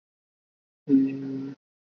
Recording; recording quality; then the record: sustained vowel as in beet; moderate, slight background noise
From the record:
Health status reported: recovered from COVID-19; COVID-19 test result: negative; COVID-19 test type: RT-PCR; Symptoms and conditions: cough, cold, sore throat, fever, fatigue, muscle pain, loss of smell and taste, diarrhoea, asthma, diabetes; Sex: female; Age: 32 years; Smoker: no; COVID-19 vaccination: both doses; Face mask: worn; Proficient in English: yes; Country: India